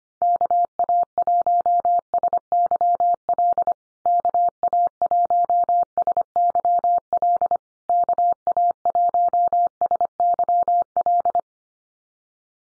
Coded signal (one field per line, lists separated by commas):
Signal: Morse code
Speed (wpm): 25 wpm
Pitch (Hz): 700 Hz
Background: none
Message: KA1SYL KA1SYL KA1SYL